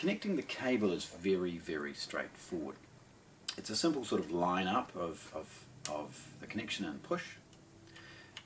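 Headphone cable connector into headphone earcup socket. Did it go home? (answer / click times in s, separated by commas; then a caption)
yes / 8.4 s. A headphone cable's multi-pin connector is lined up with the earcup socket of MrSpeakers AEON Flow headphones and pushed in while someone talks. A light little click is heard at 8.4 seconds as the connector locks into place.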